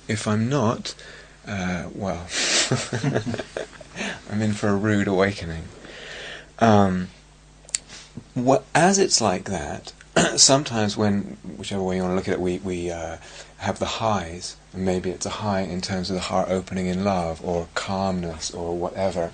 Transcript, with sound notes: If I'm not... well. [laughs] I'm in for a rude awakening. As it's like that, sometimes when -- whichever way you want to look at it -- we have the highs, and maybe it's a high in terms of the heart opening in love or calmness or whatever.